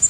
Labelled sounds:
Prairie Warbler (Setophaga discolor) flight call

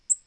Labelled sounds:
Black-throated Green Warbler (Setophaga virens) flight call

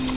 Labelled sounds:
Yellow-rumped Warbler (Setophaga coronata) flight call

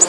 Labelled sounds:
Black-throated Green Warbler (Setophaga virens) flight call

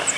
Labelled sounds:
Cape May Warbler (Setophaga tigrina) flight call

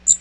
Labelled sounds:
Magnolia Warbler (Setophaga magnolia) flight call

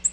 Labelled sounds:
Nashville Warbler (Leiothlypis ruficapilla) flight call

